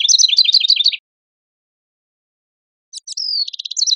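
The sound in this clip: House wren song: a rapid bubbling trill ends, followed after a pause by a new phrase starting with sharp notes, a thin sliding whistle, and another chattering run.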